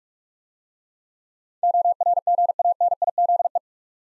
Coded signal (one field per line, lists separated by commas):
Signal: Morse code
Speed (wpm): 44 wpm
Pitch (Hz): 700 Hz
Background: none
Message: ORGANIZE